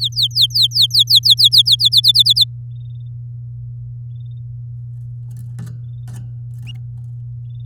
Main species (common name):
Domestic Canary